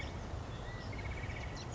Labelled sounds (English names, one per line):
California Quail